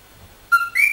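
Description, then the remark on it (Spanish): A tiny Puerto Rican coqui frog, about 1.5 centimeters long, gives its two-note call: a steady, moderately loud whistle-like tone, then a brief higher note that rises slightly. No one talks over it. “Bueno, esta rana puertorriqueña... Que se llama Coqui. Escúchenla.”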